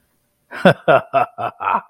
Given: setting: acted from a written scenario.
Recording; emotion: vocal sound without words; amusement